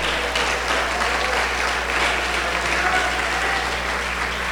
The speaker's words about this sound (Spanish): Denle un aplauso a Cristo.